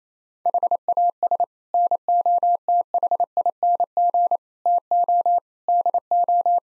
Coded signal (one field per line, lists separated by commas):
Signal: Morse code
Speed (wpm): 28 wpm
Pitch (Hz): 700 Hz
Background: none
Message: HAS NOTHING TO DO